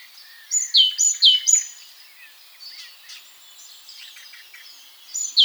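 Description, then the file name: Great tit song: a few quick phrases, each a high thin note and a lower one, then quiet background chirps and one more phrase at the end. "Parus major"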